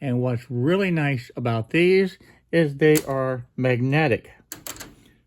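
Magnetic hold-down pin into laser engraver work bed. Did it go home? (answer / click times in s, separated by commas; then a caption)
yes / 4.5 s. Someone talks, then at 4.5 s a magnetic hold-down pin is dropped into the extension bed of an xTool D1 laser engraver and snaps into place against the metal base with a sharp click. Two quieter ticks follow, and the pin is seated.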